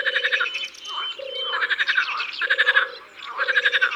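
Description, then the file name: Marsh frog's pulsed, laughing croaks repeated about every second, interleaved with steady low humming tones. Recorded in the Drôme, France. "Grenouilles rieuses Concerts Naturels de la Drome Studio les Trois Becs"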